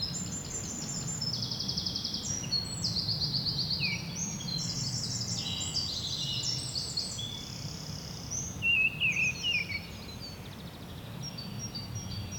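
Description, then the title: Birds twitter in a dense high chorus of rapid trilled notes, with a few louder chirps later on and a low rumble below. Bird ambience recorded at Rue du Rossignol, Seneffe, Belgium, with a Sony PCM-D100 using its internal microphones. "Rue du Rossignol 7, 7180 Seneffe, Belgique - Birds ambience"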